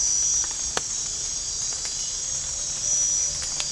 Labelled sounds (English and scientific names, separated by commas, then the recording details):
none
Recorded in dense forest near Puerto Asís, Putumayo, Colombia, on 15 December 2024 at 04:30
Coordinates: 0.499, -76.324
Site G045